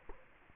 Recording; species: mosquito wingbeat signal from an infrared sensor; Culex quinquefasciatus